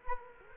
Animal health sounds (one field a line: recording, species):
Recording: mosquito wingbeat signal from an infrared sensor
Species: Culex quinquefasciatus